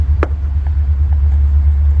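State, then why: Seated. On a 2002 Workhorse Fastrack FT1061 / 1998 Chevy P30 drum brake, being repaired for a brake pedal that goes to the floor, the steel hold-down spring retainer cup is lined up by its arrow with the brake shoe hold-down pin, pushed down and twisted. A sharp metallic click at 0.2 s, followed by two faint ticks near 0.7 s and 1.1 s over a steady low rumble, marks the cup locking onto the pin and seating.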